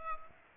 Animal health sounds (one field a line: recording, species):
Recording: mosquito wingbeat signal from an infrared sensor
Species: Culex pipiens